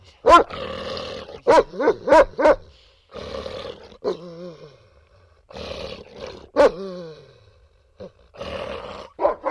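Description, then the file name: Dog giving irregular sharp barks mixed with rough, low growling stretches and a few whining, wavering notes between them. "Dog Growling and Barking"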